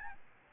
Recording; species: mosquito wingbeat signal from an infrared sensor; Aedes albopictus